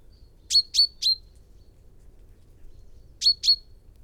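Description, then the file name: Common chaffinch giving sharp, bright 'pink' calls: a quick run of three, a pause, then two more, over a faint low rumble. "Fringilla coelebs"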